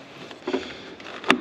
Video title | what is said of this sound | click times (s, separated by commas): DO YOU KNOW WHY NOBODY ELSE BOUGHT THIS? | clicks into place | 1.3 s